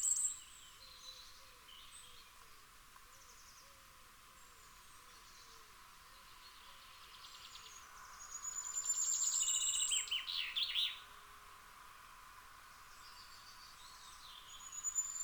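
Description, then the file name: Common firecrest song: after a long quiet stretch, one high, thin rapid phrase of about three seconds, with a few lower chirps near its end. "Fiorrancino"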